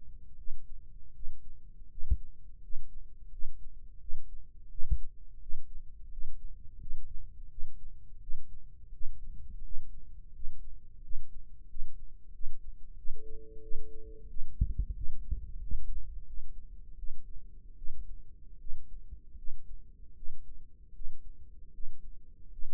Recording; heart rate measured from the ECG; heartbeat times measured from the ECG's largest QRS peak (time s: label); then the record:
heart sounds by microphone in the left ear; 84 bpm
0.38 s: heartbeat
1.14 s: heartbeat
1.89 s: heartbeat
2.62 s: heartbeat
3.31 s: heartbeat
4.00 s: heartbeat
4.70 s: heartbeat
5.40 s: heartbeat
6.10 s: heartbeat
6.80 s: heartbeat
7.50 s: heartbeat
8.21 s: heartbeat
8.92 s: heartbeat
9.63 s: heartbeat
10.33 s: heartbeat
11.02 s: heartbeat
11.68 s: heartbeat
12.33 s: heartbeat
12.97 s: heartbeat
13.62 s: heartbeat
14.28 s: heartbeat
14.95 s: heartbeat
15.60 s: heartbeat
16.27 s: heartbeat
16.97 s: heartbeat
17.77 s: heartbeat
18.60 s: heartbeat
19.37 s: heartbeat
20.15 s: heartbeat
20.94 s: heartbeat
21.72 s: heartbeat
22.51 s: heartbeat
From the record:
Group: healthy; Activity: rest 0-16 s, breath hold 16-23 s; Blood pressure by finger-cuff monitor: 139/91 mmHg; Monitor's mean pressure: 104 mmHg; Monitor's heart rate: 86 bpm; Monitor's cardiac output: 6 L/min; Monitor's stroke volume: 70 mL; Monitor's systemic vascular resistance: 1280 dyn s/cm5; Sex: female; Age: 37 years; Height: 168 cm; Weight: 70 kg